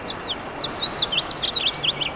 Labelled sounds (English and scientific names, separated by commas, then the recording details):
House Finch (Haemorhous mexicanus) song
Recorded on Long Island, New York, on 6 June 2011
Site FL
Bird A